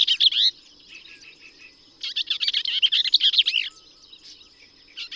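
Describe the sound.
Bell's vireo singing rapid chattering, burry phrases, one short and one longer, separated by a pause, with the start of another at the very end, over a faint constant high tone.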